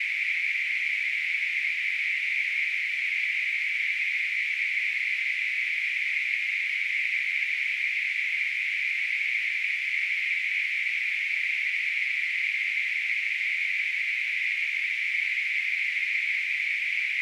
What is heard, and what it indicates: Tinnitus.